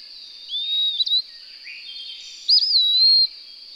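Bird giving a level whistle ending in a short upward flick, followed by a looping, then sustained whistle; steady high drone throughout.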